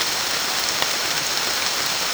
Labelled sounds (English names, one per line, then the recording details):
none
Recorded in secondary vegetation near Puerto Asís, Putumayo, Colombia, on 30 June 2025 at 15:00
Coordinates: 0.499, -76.323
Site G077